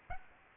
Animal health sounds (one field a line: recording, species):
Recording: mosquito wingbeat signal from an infrared sensor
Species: Aedes aegypti